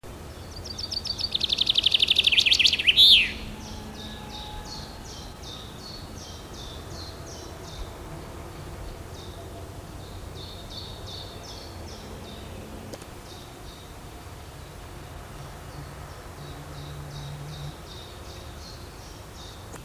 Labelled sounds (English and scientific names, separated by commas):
Common Chaffinch (Fringilla coelebs) song